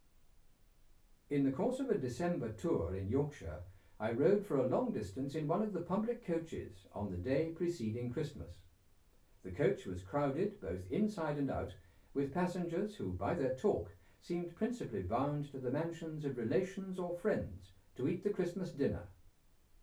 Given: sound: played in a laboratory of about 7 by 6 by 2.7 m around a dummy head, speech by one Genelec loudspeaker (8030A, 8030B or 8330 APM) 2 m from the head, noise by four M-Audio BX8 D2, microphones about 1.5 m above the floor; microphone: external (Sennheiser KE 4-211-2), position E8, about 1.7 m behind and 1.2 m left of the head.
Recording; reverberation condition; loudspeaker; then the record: male speech in English; low; 150 degrees to the right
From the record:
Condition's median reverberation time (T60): about 310 ms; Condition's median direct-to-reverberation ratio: about 3.5 dB